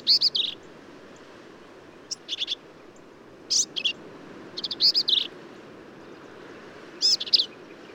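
Black-capped Vireo giving short, high phrases of squeaky, slurred notes at irregular intervals, some phrases close together, others after long pauses, over a steady low noise.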